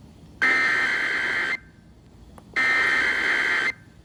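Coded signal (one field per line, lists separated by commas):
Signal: Emergency Alert System (SAME) tones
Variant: header bursts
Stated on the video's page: Weekly EAS tests from broadcast stations KOA and KWIZ.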